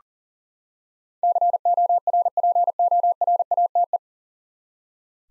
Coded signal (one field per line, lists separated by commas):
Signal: Morse code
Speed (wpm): 40 wpm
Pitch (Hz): 700 Hz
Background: none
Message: CORPORATE